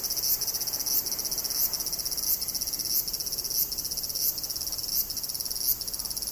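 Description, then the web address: Cicada chorus of shrill high buzzing, swelling in a regular beat over a continuous metallic hiss. Cicadas in Tokyo, Japan, in summer; ambient insect chorus recorded in stereo. "Sound Effects-Foundation 1 AMBIENCE TOKYO SUMMER INSECTS CICADAS"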